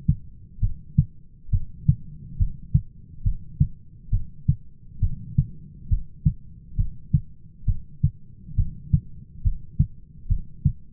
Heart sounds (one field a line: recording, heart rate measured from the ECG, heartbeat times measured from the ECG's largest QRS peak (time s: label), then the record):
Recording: heart sounds by stethoscope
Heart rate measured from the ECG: 68 bpm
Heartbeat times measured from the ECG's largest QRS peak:
0.62 s: heartbeat
1.53 s: heartbeat
2.40 s: heartbeat
3.25 s: heartbeat
4.12 s: heartbeat
5.02 s: heartbeat
5.91 s: heartbeat
6.78 s: heartbeat
7.68 s: heartbeat
8.58 s: heartbeat
9.45 s: heartbeat
10.30 s: heartbeat
From the record:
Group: heart failure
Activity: rest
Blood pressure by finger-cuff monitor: 117/88 mmHg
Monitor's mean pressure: 99 mmHg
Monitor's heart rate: 68 bpm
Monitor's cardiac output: 5.9 L/min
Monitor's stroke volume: 87 mL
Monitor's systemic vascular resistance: 1250 dyn s/cm5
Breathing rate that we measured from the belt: 18 breaths a minute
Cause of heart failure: idiopathic cardiomyopathy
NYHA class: 1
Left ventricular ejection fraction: 50%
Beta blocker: bisoprolol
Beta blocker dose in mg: 5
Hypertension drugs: candesartan, spironolactone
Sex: male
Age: 54 years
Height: 180 cm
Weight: 94.6 kg